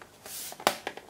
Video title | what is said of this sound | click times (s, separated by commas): How to replace a hard drive in a MacBook Pro | that click click they're the two clicking pins that there is about here just | 0.7 s, 0.9 s